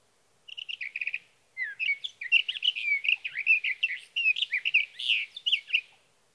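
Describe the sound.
Sage thrasher song: a quick trill of repeated notes, a brief pause, then an extended rambling warble of mixed whistles and chirps.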